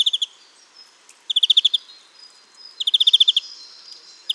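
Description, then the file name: European greenfinch giving quick dry trills of several even notes, repeated roughly every one and a half seconds, with a faint high hiss. "Chloris chloris"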